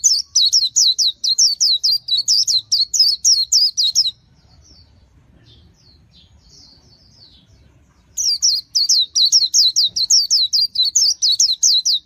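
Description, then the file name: White-eye song: rapid bursts of high, thin down-slurred notes, about two per second, for four seconds, then a quiet pause before the twittering resumes. "tieng khuyen liu"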